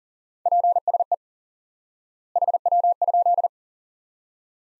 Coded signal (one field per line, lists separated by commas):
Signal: Morse code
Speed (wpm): 37 wpm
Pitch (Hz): 700 Hz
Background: none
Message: PSE HW?